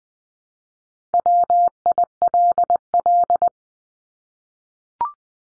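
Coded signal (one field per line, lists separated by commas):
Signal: Morse code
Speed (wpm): 20 wpm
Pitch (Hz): 700 Hz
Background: none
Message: WILL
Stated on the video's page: Head-copy drill at 20 wpm: each of the top 100 words ending in ING or its root word is sent in Morse, spoken, then sent again.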